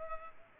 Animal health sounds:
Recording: mosquito wingbeat signal from an infrared sensor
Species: Culex pipiens

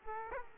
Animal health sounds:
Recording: mosquito wingbeat signal from an infrared sensor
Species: Aedes aegypti

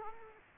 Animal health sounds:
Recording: mosquito wingbeat signal from an infrared sensor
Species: Culex quinquefasciatus

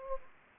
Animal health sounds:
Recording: mosquito wingbeat signal from an infrared sensor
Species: Anopheles gambiae

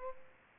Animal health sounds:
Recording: mosquito wingbeat signal from an infrared sensor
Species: Culex pipiens

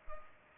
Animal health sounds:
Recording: mosquito wingbeat signal from an infrared sensor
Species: Culex pipiens

